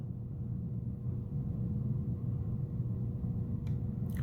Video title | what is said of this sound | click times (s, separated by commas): Using tge Microscope Production of Bambi Studios Inc 2020 | our high power clicks into place | 4.1 s, 4.2 s